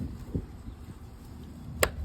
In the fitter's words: you'll hear it snap back in place.